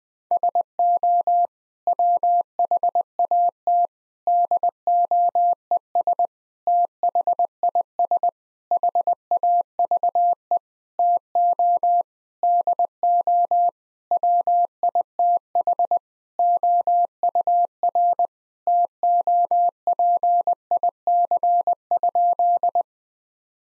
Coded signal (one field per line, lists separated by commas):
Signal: Morse code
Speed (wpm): 21 wpm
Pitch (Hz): 700 Hz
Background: none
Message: SO WHAT DOES THIS HAVE TO DO WITH OUR TOPIC?